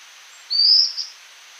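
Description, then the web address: Fulvous-breasted flatbill giving a single thin, high, slightly buzzy note lasting about half a second, ending in a brief softer second part, over soft steady background hiss. Recorded in Ecuador, South America. "Birds of Ecuador. Fulvous-breasted Flatbill"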